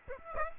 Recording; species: mosquito wingbeat signal from an infrared sensor; Aedes aegypti